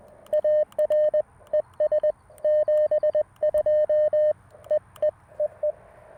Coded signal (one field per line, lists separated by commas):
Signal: Morse code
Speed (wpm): 20 wpm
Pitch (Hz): 610 Hz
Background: radio noise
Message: ARES 72 EEEE